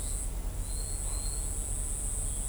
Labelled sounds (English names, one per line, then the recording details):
Trinidad Euphonia
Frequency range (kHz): Trinidad Euphonia 3.7-4.4 kHz
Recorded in shrubland near Pivijay, Magdalena, Colombia, on 2 June 2023 at 10:00
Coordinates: 10.453, -74.365
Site P5-G022